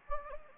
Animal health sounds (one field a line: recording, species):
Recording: mosquito wingbeat signal from an infrared sensor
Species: Anopheles gambiae